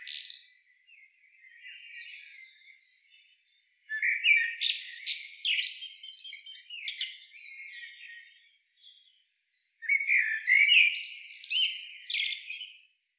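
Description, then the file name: Common blackbird giving bursts of shrill, twittering notes mixed with lower tones, three loud outbursts separated by quieter sounds and brief pauses. "Turdus merula"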